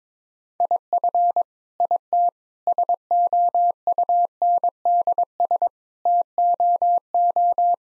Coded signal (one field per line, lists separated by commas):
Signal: Morse code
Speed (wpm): 22 wpm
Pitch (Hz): 700 Hz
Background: none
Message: IF IT SOUNDS TOO